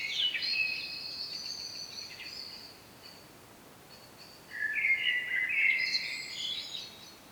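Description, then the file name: Common blackbird song: high squeaky twittering notes, a quiet gap, then a fluty whistled phrase rising into chattery high notes. "Turdus merula"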